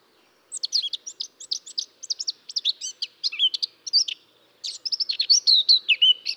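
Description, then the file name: Eurasian blackcap warbling song, a fast jumble of scratchy and sweet high notes, pausing briefly before resuming. "Sylvia atricapilla"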